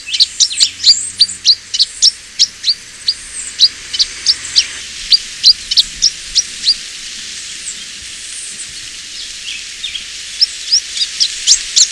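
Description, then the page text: Pin-tailed whydah song, a series of high, sharp chips repeated several times a second, fading midway before resuming. Song described as prolonged twittering; call note a sharp "hwuit"; found in grasslands, sugar cane fields and suburban lawns. "Pin-tailed Whydah. Audio 2 (M. Oberle)"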